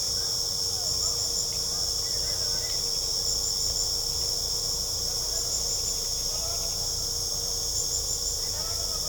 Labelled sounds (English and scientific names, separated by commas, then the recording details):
none
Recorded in pastures near Puerto Asís, Putumayo, Colombia, on 18 December 2024 at 20:00
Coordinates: 0.497, -76.327
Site G088